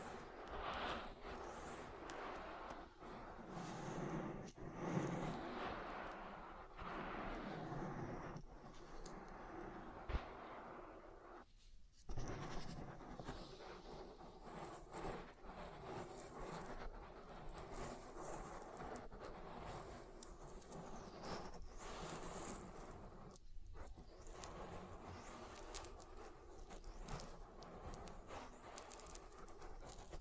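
Oily ear massage with dense, continuous squelching and rubbing, brief pauses near 12 and 24 seconds, and low muffled thumps throughout.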